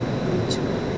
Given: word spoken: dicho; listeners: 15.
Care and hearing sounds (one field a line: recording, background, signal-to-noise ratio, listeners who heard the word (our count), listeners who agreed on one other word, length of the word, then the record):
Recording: one Spanish word in noise, from a listening test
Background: speech-shaped noise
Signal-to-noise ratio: -6.4 dB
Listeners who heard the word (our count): 1 of 15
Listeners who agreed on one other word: 7 of 15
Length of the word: 0.58 s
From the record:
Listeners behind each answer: 7, 2, 1, 1, 1, 1, 1, 1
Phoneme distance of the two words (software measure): 20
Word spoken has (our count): 2 syllables, 4 phonemes, stress on syllable 1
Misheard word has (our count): 2 syllables, 4 phonemes, stress on syllable 1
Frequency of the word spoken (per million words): 249.57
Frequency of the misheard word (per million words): 545.62